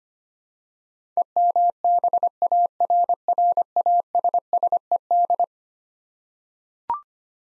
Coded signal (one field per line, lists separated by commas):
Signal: Morse code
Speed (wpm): 25 wpm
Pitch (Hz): 700 Hz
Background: none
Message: EMBARRASSED